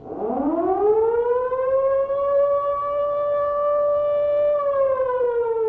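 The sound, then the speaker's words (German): An air raid siren winds up from a low growl to a steady, loud wail with strong harmonics, holds its pitch for several seconds, then begins to sink as it winds down. “Und das war, wenn Fliegeralarm war.”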